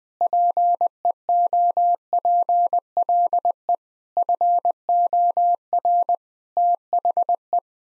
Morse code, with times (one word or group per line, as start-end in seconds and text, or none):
0.2-3.7 PEOPLE
4.2-6.1 FOR
6.6-7.6 THE